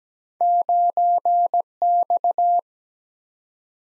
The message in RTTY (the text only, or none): none